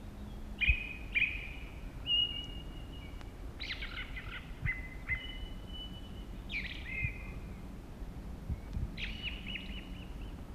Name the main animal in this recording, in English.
Ring Ouzel